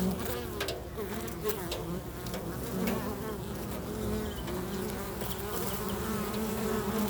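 Bees buzzing, a steady low droning hum with overlapping wingbeat tones throughout.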